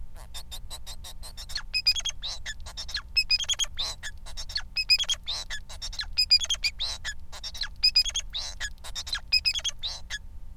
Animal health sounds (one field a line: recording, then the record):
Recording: song of a male Bengalese finch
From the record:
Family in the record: son of father 4